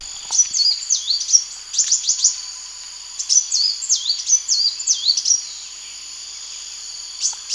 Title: kicau gelatik